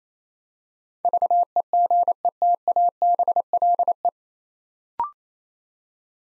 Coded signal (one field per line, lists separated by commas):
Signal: Morse code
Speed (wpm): 27 wpm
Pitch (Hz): 700 Hz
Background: none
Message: VEGETABLE